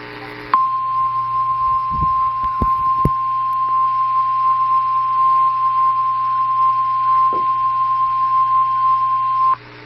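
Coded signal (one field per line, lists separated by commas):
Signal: Emergency Alert System (SAME) tones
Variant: 1050 Hz attention tone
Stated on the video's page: Severe thunderstorm warning EAS tones received on a weather radio transmitter.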